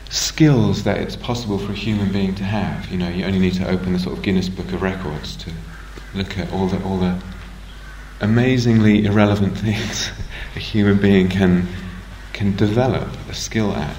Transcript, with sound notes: skills that it's possible for a human being to have, you only need to open the Guinness Book of Records to look at all the amazingly irrelevant things [laughs] a human being can develop a skill at.